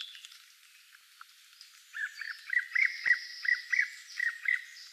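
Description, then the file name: Song thrush delivering a rapid run of short, repeated chirping notes with a faint high thin sound behind. Recorded 12 June 2013. "12 06 2013 Singdrossel"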